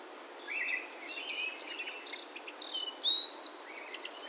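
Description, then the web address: Black-faced bunting song: short, high, varied chirping phrases with thin buzzy notes and brief whistles, given in quick bursts against a steady hiss. Recorded at Yaita on 23 July 2021. "yacho koe aoji 210723 yaita"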